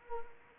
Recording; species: mosquito wingbeat signal from an infrared sensor; Anopheles arabiensis